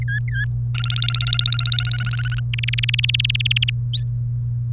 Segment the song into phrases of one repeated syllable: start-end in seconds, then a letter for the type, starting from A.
0.02-0.45 A, 0.75-2.40 B, 2.53-3.70 C